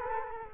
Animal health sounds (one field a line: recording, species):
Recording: mosquito wingbeat signal from an infrared sensor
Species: Culex quinquefasciatus